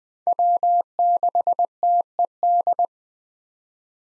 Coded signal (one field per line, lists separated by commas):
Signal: Morse code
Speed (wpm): 20 wpm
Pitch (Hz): 700 Hz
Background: none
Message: W6TED